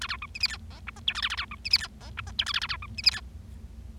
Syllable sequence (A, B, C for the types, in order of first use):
A B C D E F G H I J K A A B C D E F G H I J K A A B C D E F